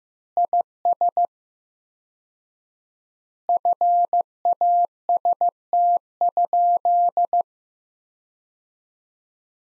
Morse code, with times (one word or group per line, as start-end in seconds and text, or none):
0.4-1.3 IS
3.5-7.4 FAST?